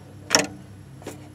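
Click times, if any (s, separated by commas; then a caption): 0.4 s. The adjusted blade holder is put back into the craft cutting machine's tool carriage, and the locking lever is flipped over. It gives a sharp click at 0.4 s as it locks into place, followed by a fainter, softer sound around 1.0 s. The blade holder is seated and locked.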